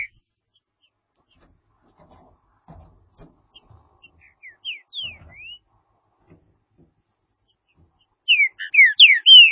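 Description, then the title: Green-winged saltator singing: a few soft, scattered down-slurred whistles, then a loud, rapid burst of slurred whistled notes at the end. "Trinca Ferro"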